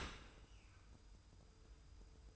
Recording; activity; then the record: daily activity, microphone in the room; open dishwasher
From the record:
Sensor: 2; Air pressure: 990.3 hPa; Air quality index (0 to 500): 210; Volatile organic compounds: 1000 ppm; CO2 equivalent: 6744 ppm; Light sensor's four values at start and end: 28/66/27/27 and 28/66/27/27